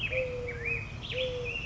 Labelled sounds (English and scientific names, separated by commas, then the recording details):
Black-headed Grosbeak (Pheucticus melanocephalus)
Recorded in Sonoma County, California